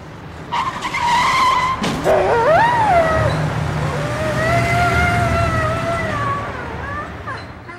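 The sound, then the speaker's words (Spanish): A car's tires screech in a long, high skid as the driver swerves toward a dog crossing the street, broken by a sharp thump as the car hits the dog, then the dog's shrill, wavering yelps ring out over the engine rumble before fading. “Hoy intenté cruzar la calle por donde pasan los coches y uno me atropelló.”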